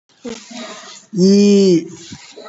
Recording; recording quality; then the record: sustained vowel as in beet; excellent, no background noise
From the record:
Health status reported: COVID-19 positive, mild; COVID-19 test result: positive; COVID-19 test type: RT-PCR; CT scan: not taken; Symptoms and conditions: cough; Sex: male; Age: 33 years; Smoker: no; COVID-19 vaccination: one dose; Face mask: not worn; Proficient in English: yes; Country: India